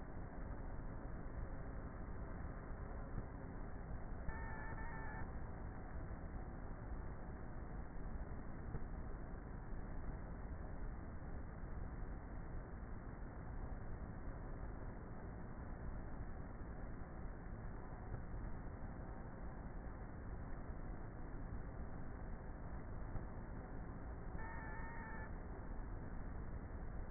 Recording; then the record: honeybee colony, microphone inside the hive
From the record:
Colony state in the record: queenless with a low population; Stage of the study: before two queens were removed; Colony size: about 30,000 bees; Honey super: no